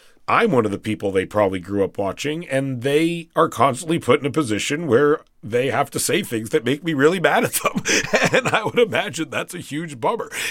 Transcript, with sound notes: I'm one of the people they probably grew up watching, and they are constantly put in a position where they have to say things that make me really mad at them (laughter). And I would imagine that's a huge bummer.